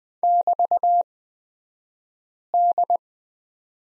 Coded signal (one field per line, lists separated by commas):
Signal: Morse code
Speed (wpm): 20 wpm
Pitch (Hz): 700 Hz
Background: none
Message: <BT>D